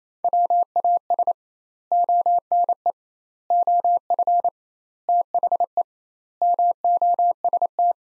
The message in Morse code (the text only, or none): WAS ONE OF THE MOST